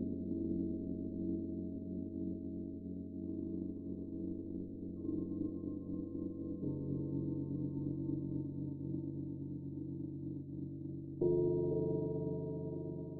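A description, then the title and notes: Celestial gongs ring out in long, overlapping tones that hum steadily in the low and middle range, shimmering slightly without fading. Around 5, 7 and 11 seconds new strikes join in, the last one louder and brighter, thickening the sustained wash. Meditation Five Celestial Gongs.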